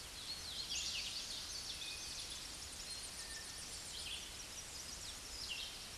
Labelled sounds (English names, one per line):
Red-eyed Vireo song